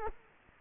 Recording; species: mosquito wingbeat signal from an infrared sensor; Culex quinquefasciatus